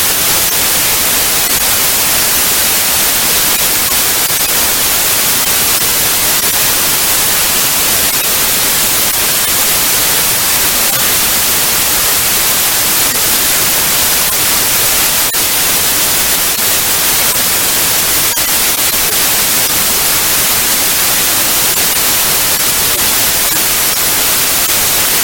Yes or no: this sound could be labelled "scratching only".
no